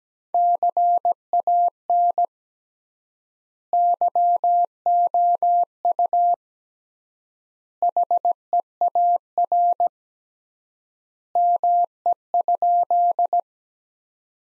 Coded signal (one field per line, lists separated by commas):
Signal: Morse code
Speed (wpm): 17 wpm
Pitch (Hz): 700 Hz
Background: none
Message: CAN YOU HEAR ME?